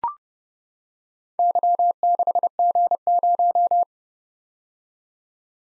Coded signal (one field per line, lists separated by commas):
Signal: Morse code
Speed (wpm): 30 wpm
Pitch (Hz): 700 Hz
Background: none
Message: Y6G0